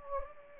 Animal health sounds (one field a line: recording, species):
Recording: mosquito wingbeat signal from an infrared sensor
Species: Anopheles gambiae